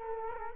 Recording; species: mosquito wingbeat signal from an infrared sensor; Culex quinquefasciatus